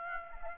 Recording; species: mosquito wingbeat signal from an infrared sensor; Aedes aegypti